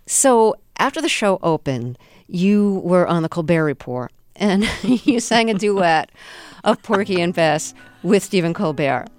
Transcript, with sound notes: So after the show opened, you were on "The Colbert Report."
(LAUGHTER)
And you sang a duet of "Porgy and Bess" with Stephen Colbert.